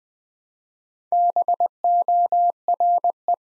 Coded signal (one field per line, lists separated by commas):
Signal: Morse code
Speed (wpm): 20 wpm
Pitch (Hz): 700 Hz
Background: none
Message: BORE